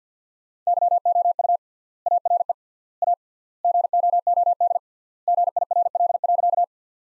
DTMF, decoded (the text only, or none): none